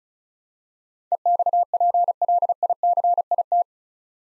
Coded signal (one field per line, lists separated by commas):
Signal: Morse code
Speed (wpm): 34 wpm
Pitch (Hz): 700 Hz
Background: none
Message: EXPLICIT